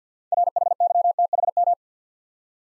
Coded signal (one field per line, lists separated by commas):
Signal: Morse code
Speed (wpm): 48 wpm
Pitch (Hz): 700 Hz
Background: none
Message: RHYTHM